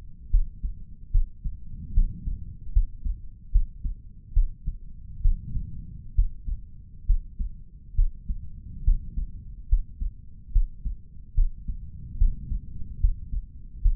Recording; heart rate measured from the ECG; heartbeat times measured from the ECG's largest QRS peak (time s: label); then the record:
heart sounds by stethoscope; 71 bpm
0.30 s: heartbeat
1.11 s: heartbeat
1.93 s: heartbeat
2.72 s: heartbeat
3.51 s: heartbeat
4.33 s: heartbeat
5.21 s: heartbeat
6.15 s: heartbeat
7.06 s: heartbeat
7.95 s: heartbeat
8.84 s: heartbeat
9.68 s: heartbeat
10.52 s: heartbeat
11.34 s: heartbeat
12.17 s: heartbeat
13.00 s: heartbeat
13.81 s: heartbeat
From the record:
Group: healthy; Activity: rest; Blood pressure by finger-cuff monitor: 121/73 mmHg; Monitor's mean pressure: 92 mmHg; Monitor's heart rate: 70 bpm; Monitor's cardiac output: 5.7 L/min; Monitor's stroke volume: 80 mL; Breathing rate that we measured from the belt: 18 breaths a minute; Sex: male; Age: 35 years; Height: 178 cm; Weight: 64 kg